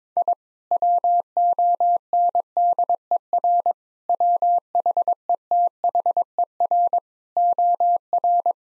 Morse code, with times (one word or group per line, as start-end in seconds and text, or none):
0.2-0.3 I
0.7-3.7 WONDER
4.1-7.0 WHETHER
7.4-8.5 OR